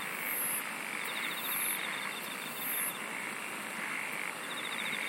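Insects singing: three high ringing pulsed bursts in the first few seconds, a fast ticking trill in the middle range, all over a dense steady insect hiss.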